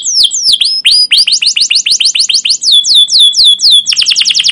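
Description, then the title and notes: Canary delivering loud repeated sweeping chirps in quick series, falling, then rising, then falling again, ending in a faster burst of notes. Canary singing long, emotional chirping song ('cuit cuit', 'ngerol'), used as a lure and master recording to train young canaries to learn sounds. "CUIT CUIT NGEROL LANGSUNG GACOR PANJANG Kenari Utk Pancingan KENAR. PANCINGAN Kenari GACOR PANJANG Cuit CUIT EMOSI utk MASTERAN Kenari PAUD belajar BUNYI. burung kenari"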